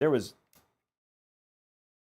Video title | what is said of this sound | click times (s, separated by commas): How To Build a PC – Giveaways + $1850 Build in the Antec NX410 (11600 K / RTX 3060) | no click whatsoever on that one | none